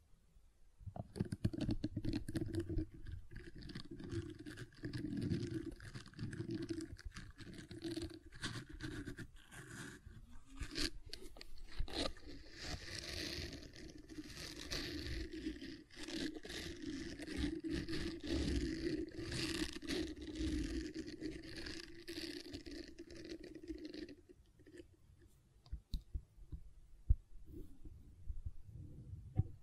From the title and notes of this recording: ASMR Gentle Silicon Sounds for Sleep (No Talking).